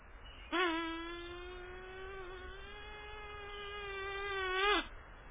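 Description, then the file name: Mosquito buzz: a steady, nasal whining hum with rich overtones that starts abruptly, holds for about four seconds with slight wavering, then cuts off sharply. "Komar"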